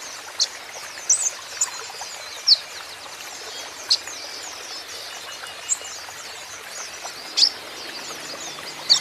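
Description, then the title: Van Hasselt's sunbird giving isolated, sharp, high chips every second or two. Green-plumaged (ijoan) kolibri ninja (konin) in constant 'gacor' song, used as a lure and therapy for untrained konin, which are sure to answer. "KOLIBRI NINJA KONIN IJOAN GACOR COCOK UNTUK PANCINGAN TERAPI KONIN BAHAN PASTI NYAUT"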